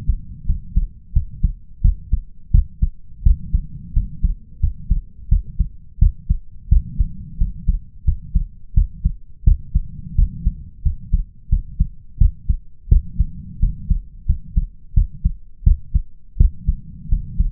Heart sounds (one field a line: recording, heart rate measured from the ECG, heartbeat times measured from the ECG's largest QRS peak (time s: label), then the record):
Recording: heart sounds by stethoscope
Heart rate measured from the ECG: 87 bpm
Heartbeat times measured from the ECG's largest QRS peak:
0.45 s: heartbeat
1.12 s: heartbeat
1.81 s: heartbeat
2.51 s: heartbeat
3.22 s: heartbeat
3.93 s: heartbeat
4.59 s: heartbeat
5.28 s: heartbeat
5.98 s: heartbeat
6.68 s: heartbeat
7.37 s: heartbeat
8.04 s: heartbeat
8.73 s: heartbeat
9.43 s: heartbeat
10.15 s: heartbeat
10.82 s: heartbeat
11.49 s: heartbeat
12.17 s: heartbeat
12.88 s: heartbeat
13.59 s: heartbeat
14.25 s: heartbeat
14.93 s: heartbeat
15.63 s: heartbeat
16.37 s: heartbeat
17.08 s: heartbeat
From the record:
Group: healthy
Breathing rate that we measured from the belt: 18 breaths a minute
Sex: male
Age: 21 years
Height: 180 cm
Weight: 67.5 kg